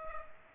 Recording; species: mosquito wingbeat signal from an infrared sensor; Culex pipiens